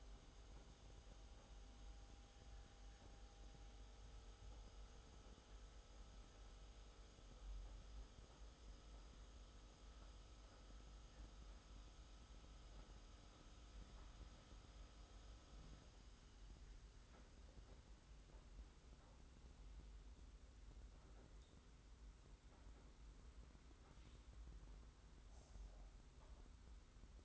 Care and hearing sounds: daily activity, microphone in the room; make coffee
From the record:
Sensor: 3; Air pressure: 991.6 hPa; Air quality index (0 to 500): 181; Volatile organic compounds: 1000 ppm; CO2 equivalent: 6047 ppm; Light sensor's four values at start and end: 42/120/49/43 and 42/120/49/43

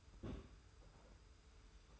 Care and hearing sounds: daily activity, microphone in the room; place on stove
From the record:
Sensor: 2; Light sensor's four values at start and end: 34/102/40/38 and 34/102/40/38

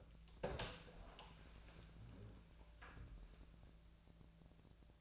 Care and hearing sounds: daily activity, microphone in the room; open door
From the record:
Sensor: 2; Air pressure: 1000.4 hPa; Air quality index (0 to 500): 175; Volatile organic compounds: 3 ppm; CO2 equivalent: 1450 ppm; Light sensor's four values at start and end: 9/22/9/10 and 9/23/9/10

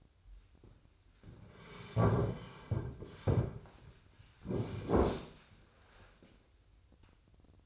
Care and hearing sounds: daily activity, microphone in the room; sit down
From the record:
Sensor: 2

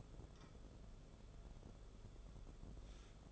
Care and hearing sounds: daily activity, microphone in the room; take from stove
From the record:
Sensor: 5

